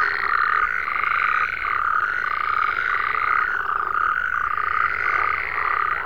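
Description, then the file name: Frogs calling continuously in a dense group, with wavering, rising-and-falling croaks repeated about once a second. "Digiffects Sound Effects Library - Frogs"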